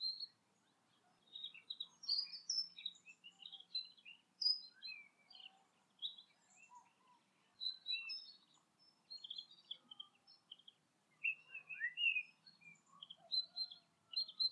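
Birds chirping and twittering, many short high notes, with a faint low hum underneath.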